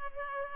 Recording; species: mosquito wingbeat signal from an infrared sensor; Culex pipiens